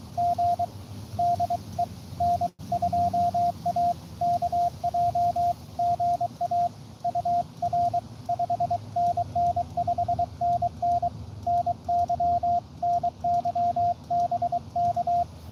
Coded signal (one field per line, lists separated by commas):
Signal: Morse code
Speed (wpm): 23 wpm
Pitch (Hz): 690 Hz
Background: radio noise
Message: G DE N2AKJ GA UR 5NN 5NN NY NY BK